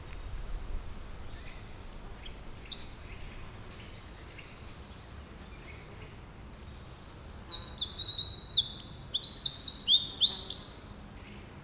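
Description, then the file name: Eurasian wren song: a short high twittering phrase early on, then after a quiet gap a longer, louder burst of rapid, very high trilled and tinkling notes. "Troglodytes troglodytes"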